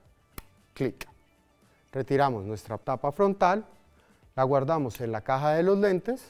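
An interchangeable lens is lined up red dot to red dot on the lens mount of a Blackmagic Pocket camera body and twisted, giving a sharp, short click at 0.4 s as the bayonet seats home. Someone then talks.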